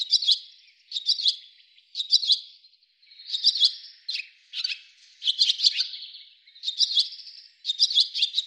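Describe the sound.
Bird chirping: clusters of rapid high notes, repeated with short gaps throughout.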